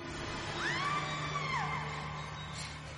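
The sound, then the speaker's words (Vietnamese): A woman, asleep at a dinner table and dreaming, lets out one sharp scream at night that leaps up in pitch, holds a high, strained note for about a second, then slides down and fades, over a steady low hum. “Nhại gào lên trong đêm.”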